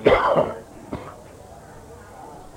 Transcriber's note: coughs